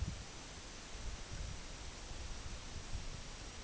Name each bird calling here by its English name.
none